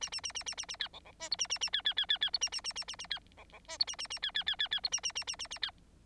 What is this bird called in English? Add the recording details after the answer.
Bengalese Finch. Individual Bird9